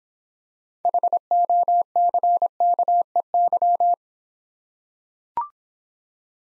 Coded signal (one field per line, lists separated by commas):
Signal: Morse code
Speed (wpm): 26 wpm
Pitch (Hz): 700 Hz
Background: none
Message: HOCKEY